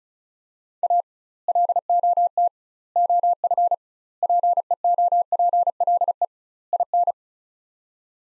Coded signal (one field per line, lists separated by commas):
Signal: Morse code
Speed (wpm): 36 wpm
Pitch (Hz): 700 Hz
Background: none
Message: A LOT OF PEOPLE IN